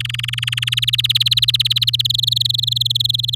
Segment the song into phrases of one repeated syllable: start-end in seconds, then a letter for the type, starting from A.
0.00-0.80 A, 0.82-2.02 B, 2.05-3.35 C